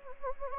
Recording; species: mosquito wingbeat signal from an infrared sensor; Anopheles gambiae